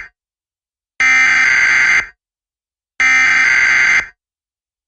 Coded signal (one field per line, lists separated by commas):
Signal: Emergency Alert System (SAME) tones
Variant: header bursts